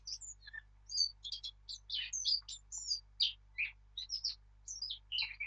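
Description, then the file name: Eurasian blackcap song, an energetic warble of sharp chirps, downslurred whistles and scratchy notes strung together almost without pause. "Sylvia atricapilla"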